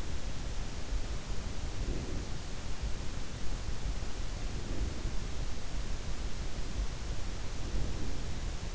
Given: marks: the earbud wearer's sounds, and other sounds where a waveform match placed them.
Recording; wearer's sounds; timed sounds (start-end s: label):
sounds in sleep by an in-ear microphone; breath
1.37-2.52 s: breath
4.41-5.48 s: breath
7.45-8.59 s: breath